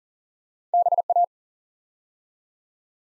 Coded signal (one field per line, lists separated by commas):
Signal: Morse code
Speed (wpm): 39 wpm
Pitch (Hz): 700 Hz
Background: none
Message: BA